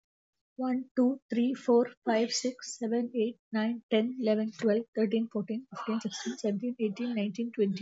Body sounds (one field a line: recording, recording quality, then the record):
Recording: counting at a fast pace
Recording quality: excellent, no background noise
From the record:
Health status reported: healthy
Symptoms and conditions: none ticked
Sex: female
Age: 54 years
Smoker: not ticked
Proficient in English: yes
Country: India